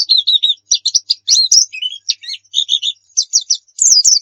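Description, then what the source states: White-eye song: an unbroken jumble of quick high chirps and short trills, varied in pitch and tightly packed. Muria-type white-eye (pleci Muria) singing actively (gacor); masteran recording meant for training pet birds to sing.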